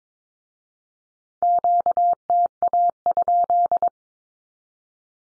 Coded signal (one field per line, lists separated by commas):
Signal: Morse code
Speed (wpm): 22 wpm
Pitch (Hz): 700 Hz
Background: none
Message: QTA?